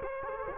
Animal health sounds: mosquito wingbeat signal from an infrared sensor; Culex quinquefasciatus

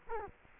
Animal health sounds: mosquito wingbeat signal from an infrared sensor; Culex quinquefasciatus

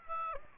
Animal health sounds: mosquito wingbeat signal from an infrared sensor; Aedes aegypti

